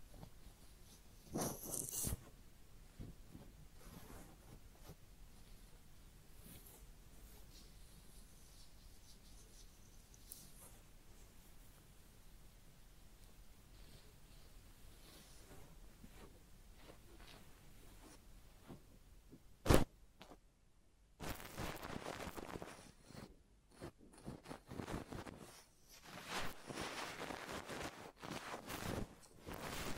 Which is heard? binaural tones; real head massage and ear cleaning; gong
real head massage and ear cleaning